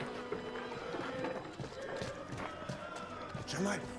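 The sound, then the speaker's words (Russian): At night on a market street, a warrant officer's quick running footsteps thud in a steady rhythm, approaching over a busy background with murmuring voices and scattered clatter. “прапорщик подбегает к Дукану и Джамалю”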